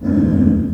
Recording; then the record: squeal of a Yucatan mini pig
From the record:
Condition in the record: after surgery on the right vocal fold (resection and tissue-engineered implant); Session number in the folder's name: 7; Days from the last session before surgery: 47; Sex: female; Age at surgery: 19 weeks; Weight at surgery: 25 kg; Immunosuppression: prednisolone